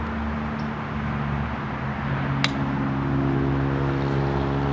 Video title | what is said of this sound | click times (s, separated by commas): replacing a turn signal bulb | push it into you hear it click into place | 2.4 s